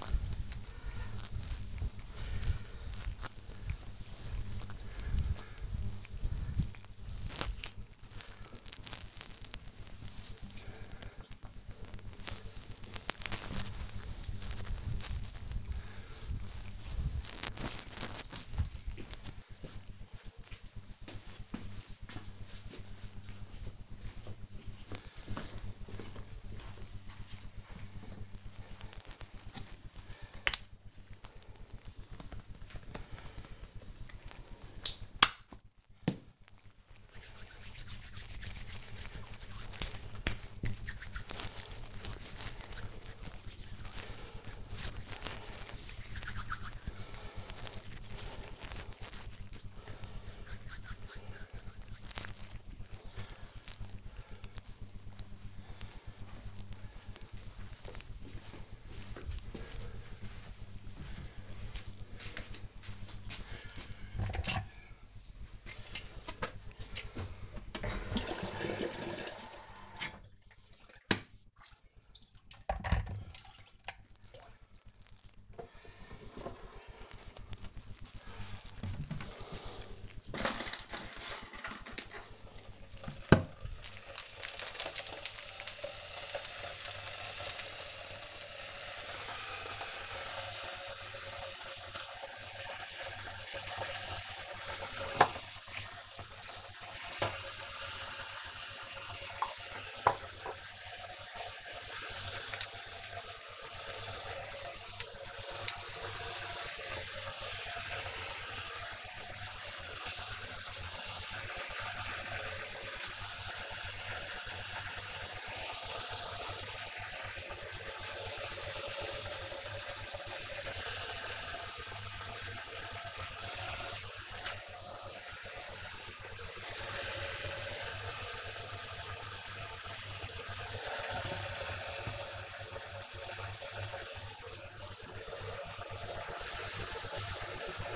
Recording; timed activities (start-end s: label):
household activities, microphone on the right wrist
0.00-18.13 s: cleaning table
30.22-52.39 s: cream hands
63.44-137.96 s: making tea